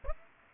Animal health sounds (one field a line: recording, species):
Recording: mosquito wingbeat signal from an infrared sensor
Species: Aedes aegypti